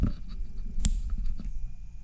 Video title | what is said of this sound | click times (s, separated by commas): Warranty Killer? Totally Worth It!! Power Vision Tuner V.S. SEPST What’s better for your M8?! | should click it until you hear the click okay | 0.8 s